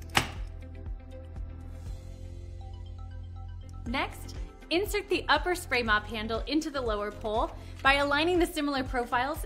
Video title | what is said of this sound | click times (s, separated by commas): Bona hardwood floor cleaner - Premium Spray Mop #shorts #canada | and guide the connector piece into the base until you hear a click | 0.2 s